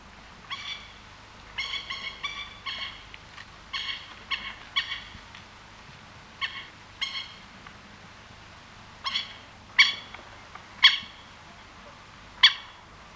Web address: Pied Kingfisher